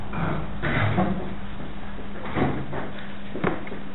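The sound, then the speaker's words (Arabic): A door being opened or closed, with a scraping rattle followed by a couple of short knocks and a sharp click, over a steady low hum. “تعال هنا جرب هنا أحسن، خلي الباب يفتح.”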